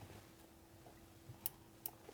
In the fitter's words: There's that little click, that's in.